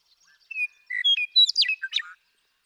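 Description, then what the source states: Western meadowlark song: a few clear whistled notes slide in, then a fast bubbling, gurgling jumble of high notes closes the phrase. One male (Bird 1), Sierra Valley, eastern California, 2018.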